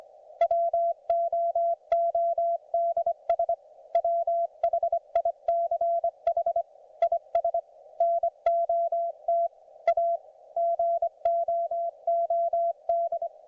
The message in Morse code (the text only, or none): WOODS WHICH IS NOT A GOOD